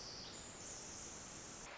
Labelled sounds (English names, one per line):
Pacific Wren